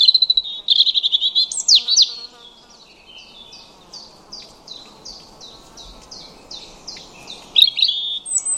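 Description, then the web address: European robin song opens with a bright, varied warbling phrase, then softer high notes repeated in a loose series, before a louder sliding flourish near the end. "Deverinetal 2025 File origin Bird Only Er Ru"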